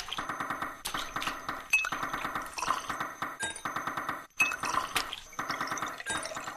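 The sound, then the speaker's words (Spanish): Water runs steadily from a tap while dishes clink and clatter against each other in irregular bursts, with a few sharp ringing knocks standing out over the continuous splashing. “Cuando hay agua, se escucha así.”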